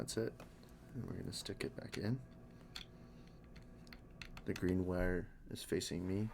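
A wire harness connector is being handled for pushing back into its plastic socket on a game controller's circuit board, with its green wire facing the person. Someone talks while a few small, sharp ticks and taps sound between about 2.8 and 4.2 seconds. Nothing has seated or clicked yet.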